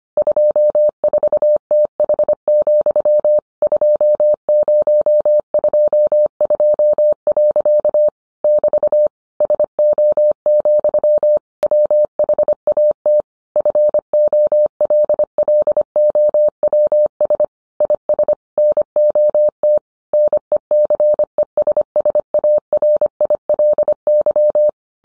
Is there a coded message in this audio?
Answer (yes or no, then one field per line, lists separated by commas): yes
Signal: Morse code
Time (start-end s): 0.2-24.7 s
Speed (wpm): 25 wpm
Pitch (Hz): 600 Hz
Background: none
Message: 24TH, 2022. <BT> SO, WHAT FOLLOWS IS NOT NECESSARILY